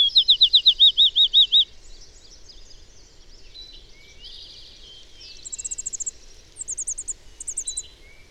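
Bird song: a short fast trill of high notes at the start, then quieter twittering and a few very high brief trills.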